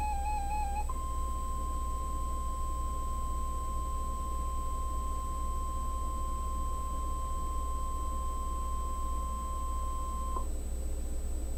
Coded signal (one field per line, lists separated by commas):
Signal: Emergency Alert System (SAME) tones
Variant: 1050 Hz attention tone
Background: music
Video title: NOAA - 3 SVRs (EAS #797 - 799)